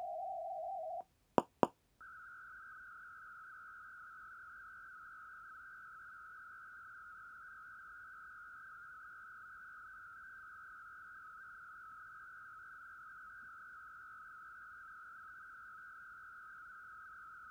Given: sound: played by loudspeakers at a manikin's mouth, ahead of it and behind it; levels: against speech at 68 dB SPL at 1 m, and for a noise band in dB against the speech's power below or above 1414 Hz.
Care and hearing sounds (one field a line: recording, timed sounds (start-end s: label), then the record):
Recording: test signals for a remote microphone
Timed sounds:
0.00-1.01 s: noise band at 707 Hz, as loud as that band is in speech
1.38 s: click
1.63 s: click
2.01-17.51 s: noise band at 1414 Hz, as loud as that band is in speech
From the record:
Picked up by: measurement microphone